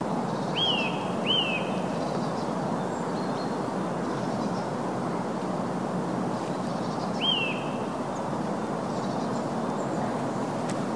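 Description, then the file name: Eurasian nuthatch calls: three sharp, whistled notes that slur downward, two close together early and one later, over a steady low rumble like traffic. "Sitta europaea"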